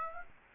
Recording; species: mosquito wingbeat signal from an infrared sensor; Aedes aegypti